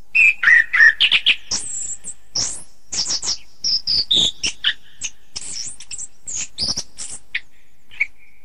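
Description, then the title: Thrush song, a fast, varied string of sweet whistles, chirps and sharp high notes tumbling together with barely a pause, some phrases rising and slurred. "Suara Burung Anis"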